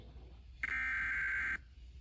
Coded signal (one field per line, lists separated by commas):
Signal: Emergency Alert System (SAME) tones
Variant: header bursts